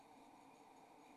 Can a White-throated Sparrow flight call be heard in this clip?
no